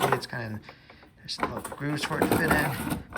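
Someone talks while handling the chute rotation handle on a Snapper snow blower, pushing it toward the small detent grooves it locks into. Faint mechanical handling noises are heard under the speech, and nothing has seated or clicked yet.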